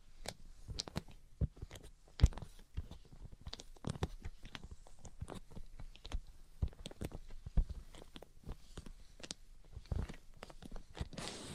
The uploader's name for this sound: Tapping, Scratching, and Tracing Sounds